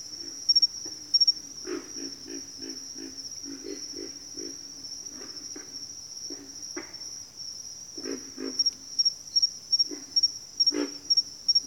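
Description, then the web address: Pig frogs grunting in a rapid run of short low croaks early on, then scattered grunts later, against a constant shrill cricket trill. "Sleep Sounds of Nature. Pig Frogs"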